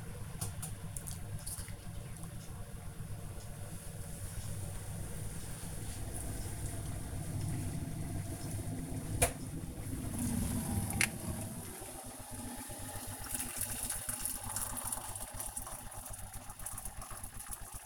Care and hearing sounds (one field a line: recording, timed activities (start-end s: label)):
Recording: household activities, microphone on the right wrist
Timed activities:
0.00-17.86 s: making tea